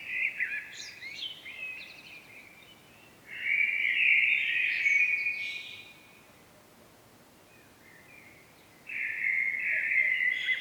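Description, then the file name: Common blackbird warbling phrases with high chattering tips, a long pause of about three seconds, then another steady fluty phrase. "Turdus merula"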